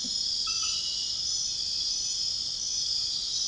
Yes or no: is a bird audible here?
no